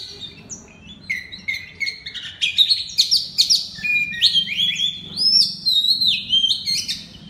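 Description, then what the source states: Oriental magpie-robin song of varied bright whistled notes mixed with rapid scratchy trills. Kacer singing in the loud, open ngeplong style.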